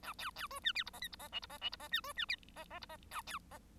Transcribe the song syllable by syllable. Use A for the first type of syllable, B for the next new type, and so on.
A B B C D E F G H F G I F G I F G D C D E G G F G A B G